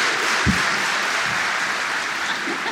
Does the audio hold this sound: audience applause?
yes